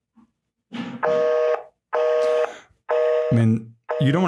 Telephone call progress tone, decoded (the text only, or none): busy tone